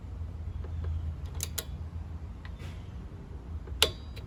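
A click-type torque wrench set to 14 ft-lb tightens a spark plug into the aluminium cylinder head of a Honda lawn mower, with faint ratcheting ticks over a steady low hum. A single sharp, loud click at 3.8 s shows the wrench has reached its setting and the plug is torqued.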